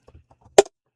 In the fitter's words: And it's a very satisfying click.